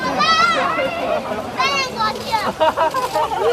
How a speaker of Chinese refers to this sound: 今天零点，海淀区国兴家园小区解封，西门缓缓打开，小朋友连蹦带跳，不少人兴奋地欢呼鼓掌。